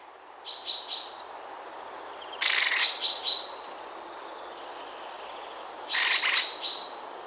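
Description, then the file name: Eurasian wren giving harsh, buzzy rattling calls in two short bursts, with thin high whistled notes around them, over steady background hiss. "okorszem"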